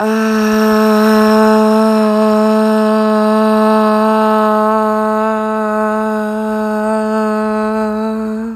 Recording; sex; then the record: sustained vowel /a/; female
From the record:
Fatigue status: fatigue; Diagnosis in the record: COVID-19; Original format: m4a